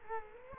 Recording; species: mosquito wingbeat signal from an infrared sensor; Culex quinquefasciatus